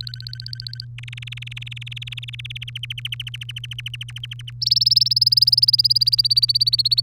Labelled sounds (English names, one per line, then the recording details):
Domestic Canary song
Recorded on 3 May 2018 at 13:36
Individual llb3